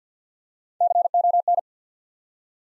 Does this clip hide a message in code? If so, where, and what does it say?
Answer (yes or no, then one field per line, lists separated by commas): yes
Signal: Morse code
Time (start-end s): 0.8-1.6 s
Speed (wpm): 50 wpm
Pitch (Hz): 700 Hz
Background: none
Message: CON